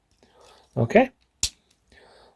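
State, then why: Seated. A plastic arm part of the MFT MF-48D City Commander Ver 2.0 (Delta Magnus) figure is clicked into the slot where the rockets normally go. Someone talks briefly, then a single sharp snap is heard at 1.4 s as the part seats, followed by quiet low background noise.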